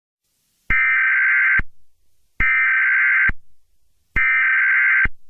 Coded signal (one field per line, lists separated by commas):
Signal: Emergency Alert System (SAME) tones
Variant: header bursts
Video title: EAS scenario The Devil’s Bleeding Wrath (Kinda Clean)